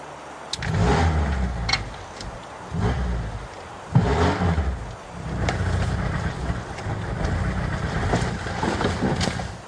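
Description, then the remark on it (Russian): A blue Moskvich car's engine rumbles low as it approaches, revving in several surging bursts, then settles into a steady, rough drone with no talking over it. “Синий москвич. Это его машина.”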